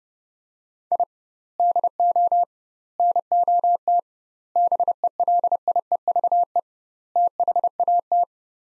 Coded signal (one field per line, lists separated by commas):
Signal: Morse code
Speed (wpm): 30 wpm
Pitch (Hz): 700 Hz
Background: none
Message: I DO NOT BELIEVE THAT